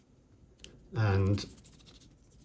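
An action camera clips onto its magnetic quick-release mount and locks in place. A short, sharp click sounds at 0.6 s, and then someone talks briefly.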